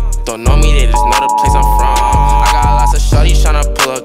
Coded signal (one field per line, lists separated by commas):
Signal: Emergency Alert System (SAME) tones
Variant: 853 and 960 Hz attention tone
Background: music